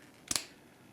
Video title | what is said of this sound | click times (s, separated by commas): TRANSFORMERS PRIME 1ST EDITION DELUXE CLASS STARSCREAM TOY REVIEW!!.. | and you want to pull down as hard as you can it feels like you're going to break it but you're really not you just want to hear that click | 0.3 s, 0.4 s